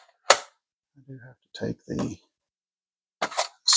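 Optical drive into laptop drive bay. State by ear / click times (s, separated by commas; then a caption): seated / 3.2 s. An optical drive is slid back into a laptop drive bay onto its edge connector, and it clicks into place at 3.2 s. Someone talks between sharp handling clicks, and the drive is seated.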